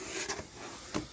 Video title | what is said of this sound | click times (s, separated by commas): Memory (RAM) 8GB upgrade in Acer R3-131T Laptop | just you know make sure that you hear the click sound or you know the | 1.0 s